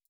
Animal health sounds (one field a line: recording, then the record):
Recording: hydrophone in a shrimp aquaculture tank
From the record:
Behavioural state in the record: stressed